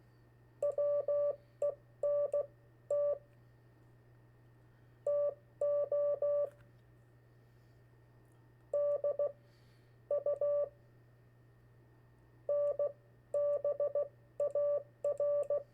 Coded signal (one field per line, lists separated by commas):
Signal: Morse code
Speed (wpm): 16 wpm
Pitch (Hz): 580 Hz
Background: none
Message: WENT TO DUNBAR